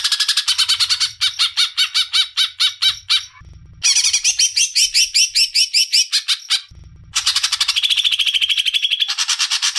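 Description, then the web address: Greater green leafbird song: long stretches of quick rhythmic chirping in varied phrases, some trilled and some buzzy, broken by two short pauses. "suara burung cucak ijo"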